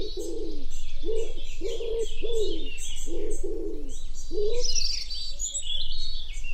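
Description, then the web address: Common wood pigeon calling in deep muffled coos, several notes in quick succession then silence, over lively high-pitched birdsong. "cianscape. Deverinetal. Bird Only"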